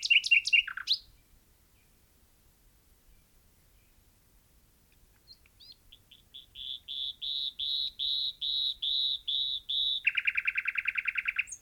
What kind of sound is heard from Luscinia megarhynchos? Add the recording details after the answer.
song. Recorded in the wild. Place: Albesti, Transilvania, RO. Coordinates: 46.258, 24.86. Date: 1973-04-28 11:30. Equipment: Nagra III BH, Sennheiser MD 21, parabola. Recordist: Schubert, Michael